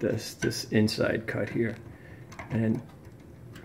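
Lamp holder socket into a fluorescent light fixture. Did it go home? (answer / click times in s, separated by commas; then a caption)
yes / 3.6 s. A replacement tombstone lamp holder is pushed into the inner cutout of a metal fluorescent fixture channel during an LED conversion while someone talks. A short snap is heard at 3.6 s as the lamp holder seats in the cutout.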